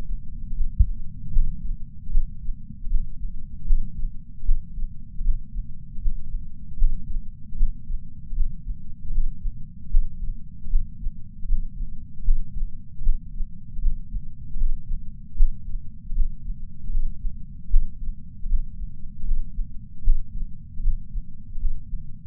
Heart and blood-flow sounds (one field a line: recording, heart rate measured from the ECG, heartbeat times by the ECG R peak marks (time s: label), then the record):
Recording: heart sounds by patch sensor on the chest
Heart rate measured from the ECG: 77 bpm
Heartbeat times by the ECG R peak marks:
0.55 s: heartbeat
1.33 s: heartbeat
2.12 s: heartbeat
2.89 s: heartbeat
3.67 s: heartbeat
4.45 s: heartbeat
5.23 s: heartbeat
6.00 s: heartbeat
6.78 s: heartbeat
7.57 s: heartbeat
8.35 s: heartbeat
9.12 s: heartbeat
9.91 s: heartbeat
10.70 s: heartbeat
11.47 s: heartbeat
12.25 s: heartbeat
13.03 s: heartbeat
13.81 s: heartbeat
14.58 s: heartbeat
15.36 s: heartbeat
16.14 s: heartbeat
16.91 s: heartbeat
17.70 s: heartbeat
18.48 s: heartbeat
19.25 s: heartbeat
20.04 s: heartbeat
20.82 s: heartbeat
21.59 s: heartbeat
From the record:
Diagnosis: coronary artery disease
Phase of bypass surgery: postoperative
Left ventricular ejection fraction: 54.7%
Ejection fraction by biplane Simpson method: 53.9%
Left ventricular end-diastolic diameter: 46 mm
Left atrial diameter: 34 mm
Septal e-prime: 6.6 cm/s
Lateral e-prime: 6.8 cm/s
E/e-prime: 16.6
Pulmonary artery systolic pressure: 36 mmHg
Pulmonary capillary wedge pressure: 11 mmHg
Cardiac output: 4.5 L/min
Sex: male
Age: 74 years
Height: 175 cm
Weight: 66 kg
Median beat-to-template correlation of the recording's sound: 0.84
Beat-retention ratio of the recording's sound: 0.98